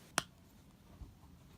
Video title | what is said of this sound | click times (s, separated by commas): Hot Wheels Star Wars Sith Infiltrator | just like most Hot Wheels ships it comes with a cool stand just peg it on the port hear that click and you're | 0.2 s